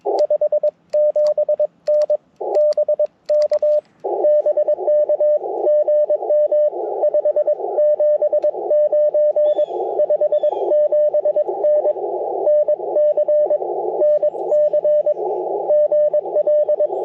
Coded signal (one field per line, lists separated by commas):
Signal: Morse code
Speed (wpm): 22 wpm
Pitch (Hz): 600 Hz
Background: radio noise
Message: 57N BK BKGM 579 57N NC NC GL